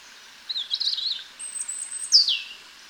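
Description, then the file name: European robin singing a wavering warble, then a thin high sustained whistle, ending with a bright descending slur. "Erithacus rubecula"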